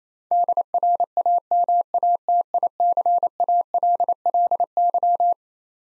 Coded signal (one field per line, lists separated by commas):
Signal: Morse code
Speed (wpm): 27 wpm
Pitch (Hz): 700 Hz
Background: none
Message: DRAMATICALLY